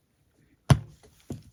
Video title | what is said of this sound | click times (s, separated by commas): Part 8 - Stihl 044 Magnum Rebuild - Crank Bearing & AV Installation | there she just snaps right in place | 0.7 s